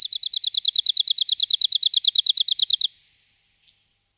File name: budníček-severní